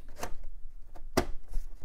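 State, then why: Seated. An expansion card is pushed back into the riser slot of a Gateway desktop, a riser recently treated with DeoxIT contact cleaner, to seat it properly. Faint scraping and light knocks come first, near 0.2 s and 1.0 s. A loud, sharp hit at 1.2 s ends the push as the card seats in the slot.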